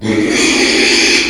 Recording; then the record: squeal of a Yucatan mini pig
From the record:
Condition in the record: after surgery on the right vocal fold (resection and tissue-engineered implant); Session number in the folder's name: 2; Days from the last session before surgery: 13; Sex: male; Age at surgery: 12 weeks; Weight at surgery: 13 kg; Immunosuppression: cyclosporine, prednisolone